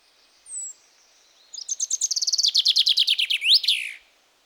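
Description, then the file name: Common chaffinch song: a thin descending whistle first, then a rapid cascading run of sharp notes ending in a rising-then-falling flourish. "Fringilla coelebs"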